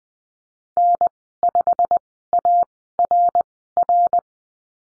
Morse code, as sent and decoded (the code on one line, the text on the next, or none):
-. ..... .- .-. .-.
N5ARR